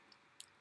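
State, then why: Seated. An aircraft alternator brush holder assembly with a metal and plastic housing is reassembled by hand for an exchange overhaul. A faint tick at 0.1 s is followed by a sharp, bright click at 0.4 s as the brush holder snaps back together into the alternator, seated.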